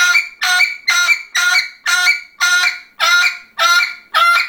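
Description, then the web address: Parrot screeching repeatedly, nine loud, buzzy harmonic squawks in an unbroken run of about two per second. "попугай"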